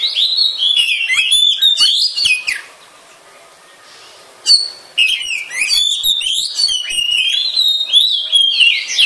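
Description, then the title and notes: Oriental magpie-robin singing a loud, fluid medley of sweet whistles and sharp chips, pausing for about two seconds before resuming with rapid varied phrases. "suara kacer. kumpulan suara burung kacer"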